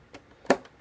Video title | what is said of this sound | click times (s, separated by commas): Cheap computer build ($120.00) | I'll press down firmly until it clicks into place and you | 0.5 s